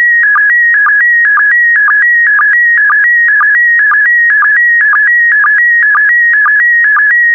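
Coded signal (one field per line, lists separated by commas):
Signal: SSTV (slow-scan television)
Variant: PD120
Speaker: Five, four, three, two, one. Transmission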